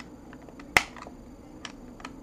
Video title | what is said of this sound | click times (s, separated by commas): фотораритеты: kodak pro star222 35mm camera | Чуть-чуть вот так сдвинули кверху. Оно щелкнуло и открылось. | 0.8 s